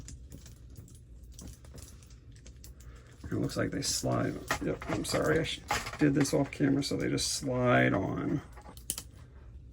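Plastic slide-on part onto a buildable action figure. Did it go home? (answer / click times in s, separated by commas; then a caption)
yes / 8.9 s. A plastic accessory is slid onto a snap-together plastic Transformers action figure and seats with a sharp click at 8.9 s. Before that, someone talks while small plastic handling clicks and rustles are heard.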